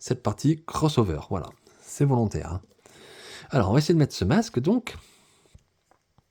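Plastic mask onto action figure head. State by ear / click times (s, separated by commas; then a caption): seated / 6.2 s. A plastic mask accessory is pushed onto an action figure's head while someone talks. After the talk fades, a few small ticks follow, and a sharp click at 6.2 seconds marks the mask snapping into place on the head.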